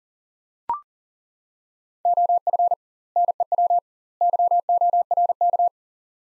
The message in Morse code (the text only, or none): OF NEW YORK